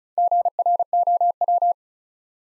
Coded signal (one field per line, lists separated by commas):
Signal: Morse code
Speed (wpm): 33 wpm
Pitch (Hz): 700 Hz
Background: none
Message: GROW